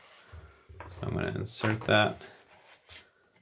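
Someone talks while handling the bellows frame of a Sinar Norma large-format view camera, about to insert it into the camera's standard, with a brief knock at 0.8 s. Nothing has seated or clicked yet.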